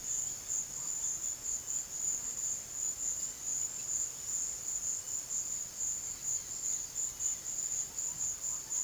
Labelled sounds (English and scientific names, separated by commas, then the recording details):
none
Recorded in pastures near Puerto Asís, Putumayo, Colombia, on 12 March 2025 at 16:30
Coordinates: 0.487, -76.322
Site G077